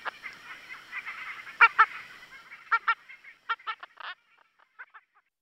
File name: Osteocephalus leprieuri